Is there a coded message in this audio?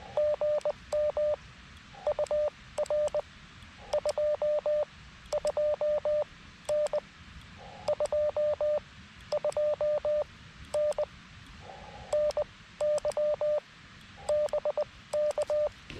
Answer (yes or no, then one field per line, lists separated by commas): yes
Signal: Morse code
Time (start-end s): 0.2-15.7 s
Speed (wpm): 19 wpm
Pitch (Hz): 600 Hz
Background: none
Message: GM UR 22N 22N NY BK